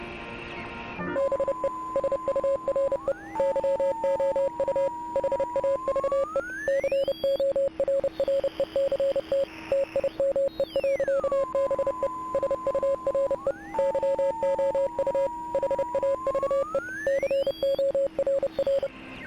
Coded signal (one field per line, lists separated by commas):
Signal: Morse code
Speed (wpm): 30 wpm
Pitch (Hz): 550 Hz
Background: music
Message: BE SURE YOU HAVE CORRECT TIME. BE SURE YOU HAVE CORR